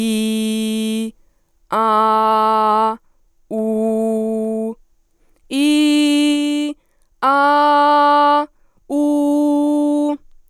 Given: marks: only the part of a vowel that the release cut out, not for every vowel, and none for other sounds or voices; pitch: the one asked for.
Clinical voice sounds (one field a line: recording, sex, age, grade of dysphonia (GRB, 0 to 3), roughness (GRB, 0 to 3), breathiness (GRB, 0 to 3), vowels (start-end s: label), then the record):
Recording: sustained vowels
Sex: female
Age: 20 to 29 years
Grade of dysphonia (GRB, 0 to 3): 0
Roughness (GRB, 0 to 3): 0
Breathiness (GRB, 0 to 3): 0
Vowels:
0.00-0.97 s: vowel /i/, normal pitch
1.84-2.79 s: vowel /a/, normal pitch
3.62-4.64 s: vowel /u/, normal pitch
5.65-6.60 s: vowel /i/, high pitch
7.36-8.30 s: vowel /a/, high pitch
9.05-10.06 s: vowel /u/, high pitch
From the record:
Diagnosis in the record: healthy voice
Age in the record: 20 years